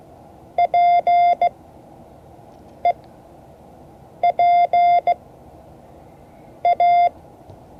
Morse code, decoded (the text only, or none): PEPA